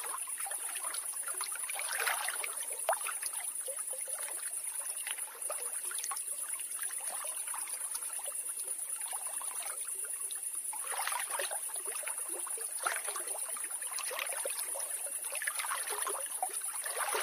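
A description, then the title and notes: A night pond scene with a steady, thin high-pitched insect drone running through the entire recording. Soft water splashes and trickles come in bursts, near 2 seconds, again around 11 seconds, and several times between 13 and 16 seconds, with no low rumble underneath. Night by the Pond. The party is resting by a farmers pond after helping with chores through the day.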